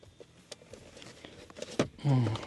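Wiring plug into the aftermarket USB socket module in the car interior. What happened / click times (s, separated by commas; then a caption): The plug seated in its socket / 1.8 s. A wiring plug is pushed into the back of an aftermarket replacement USB socket module in the dashboard of a Volkswagen Golf Alltrack, going in a bit tighter than the original. After a few light taps and handling noises, the plug seats with a sharp click at 1.8 s, and then someone talks.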